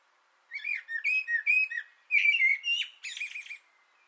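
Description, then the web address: Common blackbird song, a string of clear mellow whistles followed by a quicker, busier burst of fluted notes mixed with scratchy high twitters. On an antenna, 6 June 2025. "Naturinspelningar Koltrast på antennen 2025 06 06"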